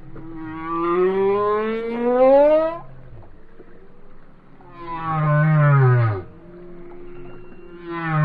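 Whale song: two long harmonic moans, the first rising in pitch, the second a lower swelling note, with a third starting at the end.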